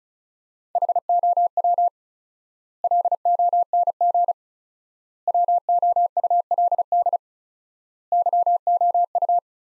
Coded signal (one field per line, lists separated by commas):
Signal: Morse code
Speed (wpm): 34 wpm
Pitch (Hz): 700 Hz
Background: none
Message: HOW LONG WOULD YOU